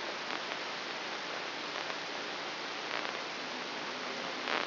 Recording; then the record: brain microelectrode recording played as sound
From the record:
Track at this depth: inside the subthalamic nucleus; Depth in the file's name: 5.506 mm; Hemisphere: left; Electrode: 3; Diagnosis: Parkinson's disease